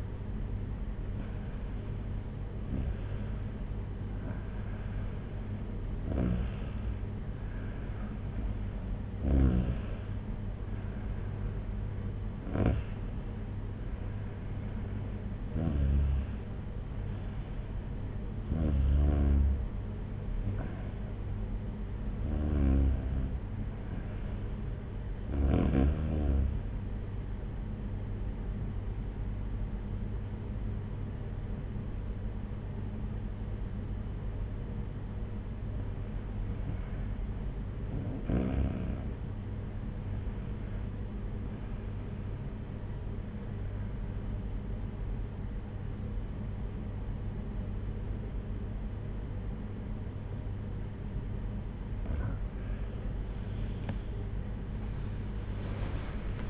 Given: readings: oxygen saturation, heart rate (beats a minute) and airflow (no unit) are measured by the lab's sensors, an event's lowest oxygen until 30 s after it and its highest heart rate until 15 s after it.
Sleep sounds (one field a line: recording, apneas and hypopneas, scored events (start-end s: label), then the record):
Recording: breathing in sleep by a smartphone at the bedside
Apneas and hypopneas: 1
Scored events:
30.00-52.00 s: hypopnea (N2, oxygen 95% highest, then 93% lowest)
52.00-56.49 s: new sleep stage, N1 (lightest sleep)
From the record:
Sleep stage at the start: N2 (light sleep)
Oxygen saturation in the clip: 92 to 95%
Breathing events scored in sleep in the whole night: 226 in 8.8 hours asleep